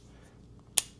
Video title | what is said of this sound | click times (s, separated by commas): If You Burn Wood, You NEED This Tool (Trust Me) | You push in that tab and then it locks into place | 0.8 s